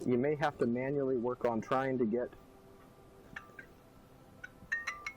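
Someone talks for about two seconds, then an inner brake pad with a steel backing plate and spring clip is worked by hand into the front brake caliper of a Saab 9-3. Brief metallic taps and clinks sound around 3.4, 4.4, 4.7, 4.9 and 5.1 seconds. The pad has not snapped into place yet.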